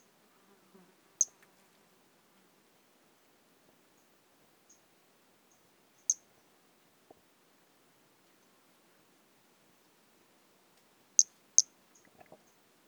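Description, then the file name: Brachycephalus albolineatus calls: single high chirps separated by long pauses, then a rapid pair near the end, with faint rustles. "Brachycephalus albolineatus"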